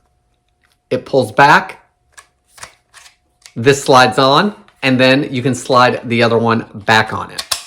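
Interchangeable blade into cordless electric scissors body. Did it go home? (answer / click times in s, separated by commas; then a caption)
no / none. Someone talks while handling a VLOXO cordless electric scissors, pressing a button that pulls back so an interchangeable blade slides off and another blade slides back onto the body. A few faint short ticks and handling sounds are heard between the speech. The clip ends before the blade locks into place, so nothing has seated or clicked yet.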